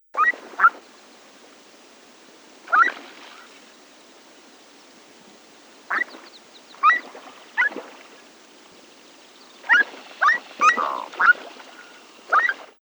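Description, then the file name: Black-throated loon giving short harsh barking calls, single or in quick pairs, scattered irregularly with gaps of a few seconds, ending in a denser cluster of notes. "gagara chernozobaya golos"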